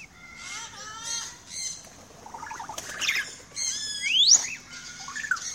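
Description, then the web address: Parrots mixing repeated whistled notes with harsh chatter and a loud rising screech near the end. "The Bird Sanctuary parrots"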